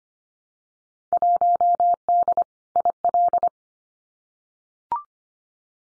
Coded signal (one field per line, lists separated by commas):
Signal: Morse code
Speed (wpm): 25 wpm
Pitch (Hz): 700 Hz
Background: none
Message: 1D IL